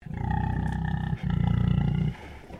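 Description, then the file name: Domestic pig grumbling: deep, rapidly pulsed grunting in two sustained bouts of about a second each, separated by a short break, then fading to quieter low rumbles. Landrace breed pig, recorded inside, grumbling. "ANIMAL PIG LANDRACE EDGAR INSIDE GRUMBLE"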